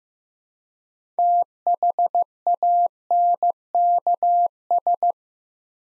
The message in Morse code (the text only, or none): THANKS